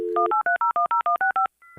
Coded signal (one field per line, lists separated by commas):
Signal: DTMF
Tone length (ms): 130 ms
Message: 183010165